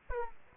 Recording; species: mosquito wingbeat signal from an infrared sensor; Aedes aegypti